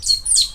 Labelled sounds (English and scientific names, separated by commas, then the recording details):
Stitchbird (Notiomystis cincta) song
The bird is a male
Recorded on Tiritiri Matangi Island, New Zealand, in 2005
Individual 7, of nest box 9